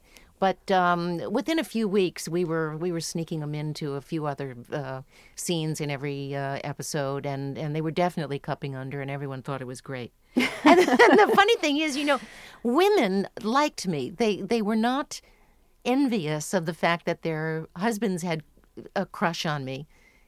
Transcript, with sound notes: But within a few weeks we were sneaking them into a few other scenes in every episode, and they were definitely cupping under, and everyone thought it was great.
(Laughter).
And the funny thing is, you know, women liked me. They were not envious of the fact that their husbands had a crush on me.